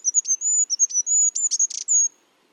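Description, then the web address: Bird calling with a rapid series of high, thin whistled chirps mixed with short buzzy notes, running for about two seconds before falling silent. "cianscape. Deverinetal 2025. Bird Only"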